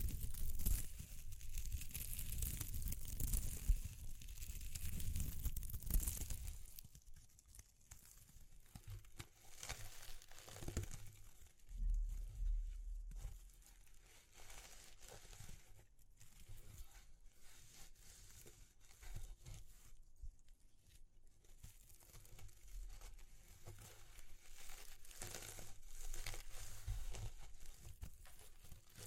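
ASMR texture sounds: loud crinkling and rustling for the first six seconds, then softer, irregular scratching and tapping with occasional crisp bursts.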